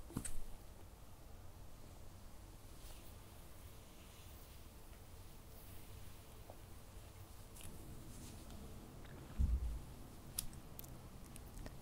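Soft hair play and light touching, with a steady low rustle and faint crisp snips or clicks scattered through. A louder handling bump lands near the start and again around nine and a half seconds.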